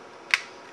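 During reassembly of a film camera, the back cover is pressed onto the camera body at one end. A single sharp, bright snap is heard at 0.3 s against faint background hiss, and the cover seats in place.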